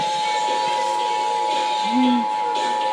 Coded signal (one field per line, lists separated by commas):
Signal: Emergency Alert System (SAME) tones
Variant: 853 and 960 Hz attention tone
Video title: (EAS 100) 2022 California Tsunami Communications Drill + NOAA Weather Radio EAS Tests (EAS #100-111)